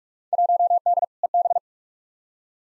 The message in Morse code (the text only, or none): 1D EB